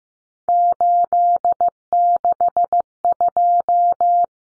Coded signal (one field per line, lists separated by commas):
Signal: Morse code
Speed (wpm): 15 wpm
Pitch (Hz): 700 Hz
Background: none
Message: 862